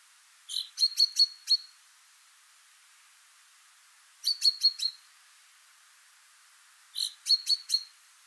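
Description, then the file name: Common chaffinch calling in three bursts of four or five short, sharp notes, with quiet gaps between. "Fringilla coelebs"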